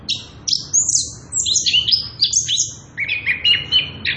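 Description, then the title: Orange-headed thrush giving clear, high whistled slurs that glide up then drop, followed by lower, rapid chattering notes near the end. Singing prolifically (gacor) with continuous rolling 'ngerol edan' song; used as a lure (pancingan) and tutor (masteran) for young birds (trotolan). "Anis Kembang Gacor. pancingan anis kembang ngerol edan masteran trotolan"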